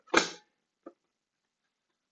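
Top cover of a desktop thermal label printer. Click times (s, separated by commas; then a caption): 0.2 s. After loading thermal stencil media into a TSC DA320 desktop thermal label printer, the plastic top cover is pressed down until it latches shut. One loud, sharp hit at 0.2 s seats it, followed by a faint short tap at about 0.9 s and then silence.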